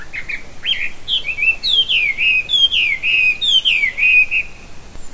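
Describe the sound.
Bird song: a flowing series of clear downslurred whistles, each dropping in pitch, in quick succession.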